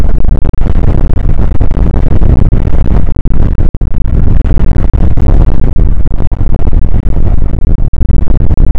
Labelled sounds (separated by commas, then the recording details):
wind
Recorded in the Prudhoe Bay oil fields, Alaska, on 29 May 2019 at 00:05
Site 25